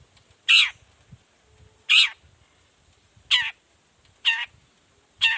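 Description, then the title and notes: Long-tailed shrike giving loud grating rasps, single harsh notes spaced roughly one to one and a half seconds apart, with faint low rumbling between. Sung in the morning; 'toet toet' sound variation; used as a lure so other shrikes of any type reply quickly and open their beaks. "Cendet Gacor Dor Di Kala Pagi Toet Toet Variasi Suara. Cendet Gacor Efektif Pancingan Buat Cendet Jenis Apapun Agar Cepat Nyaut Buka Paruh. Burung cendet"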